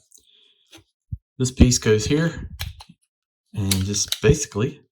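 A small plastic upgrade-kit piece for a transforming action figure is handled near its holder while someone talks, with a few faint ticks of plastic contact in between. The clip ends before the piece is pressed home, so nothing has seated or snapped into the holder yet.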